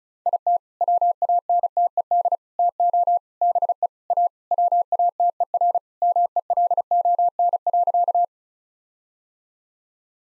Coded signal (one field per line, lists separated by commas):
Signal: Morse code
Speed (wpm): 34 wpm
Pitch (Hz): 700 Hz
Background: none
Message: IT WANTED TO BE A WATER MELON.